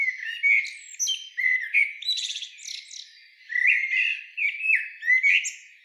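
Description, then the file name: Common blackbird warbling almost without pause, a dense run of mellow fluted notes mixed with scratchy, buzzy high twitters. "Turdus merula"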